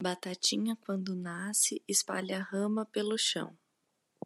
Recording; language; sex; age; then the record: short text; Brazilian Portuguese; female; 20 to 29 years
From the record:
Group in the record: control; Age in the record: 21 years